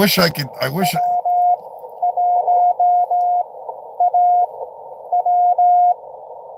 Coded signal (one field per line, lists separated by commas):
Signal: Morse code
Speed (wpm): 17 wpm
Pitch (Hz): 720 Hz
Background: speech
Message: W1AW